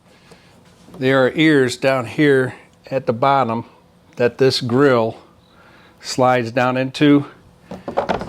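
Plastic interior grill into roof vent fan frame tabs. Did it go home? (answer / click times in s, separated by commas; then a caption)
yes / 7.9 s, 8.0 s, 8.2 s. Someone talks as the plastic inner grill of a roof vent fan slides down into the ears at the bottom of the fan frame and snaps into three plastic tab spots. Three short snaps land at 7.9, 8.0 and 8.2 seconds, and the grill is seated.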